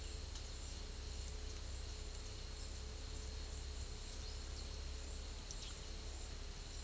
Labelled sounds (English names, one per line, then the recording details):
none
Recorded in pastures near Puerto Asís, Putumayo, Colombia, on 28 February 2025 at 13:00
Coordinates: 0.505, -76.324
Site GP08